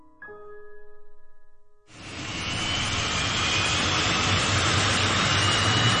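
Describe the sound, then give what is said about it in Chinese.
A short, steady electronic tone plays, then gives way to a loud, constant roar of an airplane's jet engines, on a flight back to Hong Kong, that holds unbroken to the end. “一个人坐飞机翻香港”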